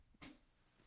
The dogs are sneezing.